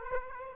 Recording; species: mosquito wingbeat signal from an infrared sensor; Aedes aegypti